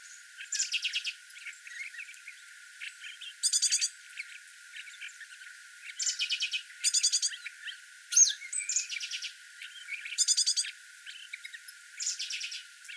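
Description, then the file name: Great tit churring in rattling bursts of fast repeated buzzy notes, about seven bursts spaced every one to three seconds, with faint chips between them. "Parus major"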